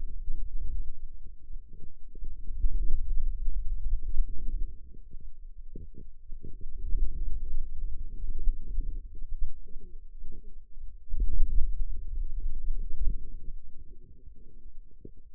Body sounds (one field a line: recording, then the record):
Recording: forearm muscle sounds (acoustic myography)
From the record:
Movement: hand closing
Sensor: system 2, bracelet of six BSWA MPA416 microphones around the upper forearm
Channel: 2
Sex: female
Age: 21 years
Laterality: right